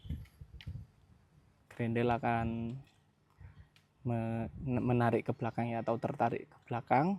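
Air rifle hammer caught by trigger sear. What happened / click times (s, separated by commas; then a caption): The mechanism is being handled and has not caught yet / none. Someone talks while handling a Bocap Predator Tactical PCP air rifle, pulling back its set lever and holding it so the bolt travels back toward where the hammer will be caught by the trigger sear. A few faint short ticks are heard near 0.3 s, 0.6 s and 3.8 s between the talking. Nothing has seated or clicked yet.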